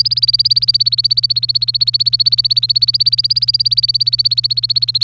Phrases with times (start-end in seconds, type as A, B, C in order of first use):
0.00-5.04 A